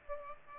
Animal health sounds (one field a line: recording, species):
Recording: mosquito wingbeat signal from an infrared sensor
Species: Aedes aegypti